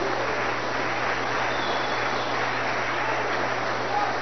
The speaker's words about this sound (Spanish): ¡Aleluya! Hasta el día de Cristo. Un aplauso fuerte.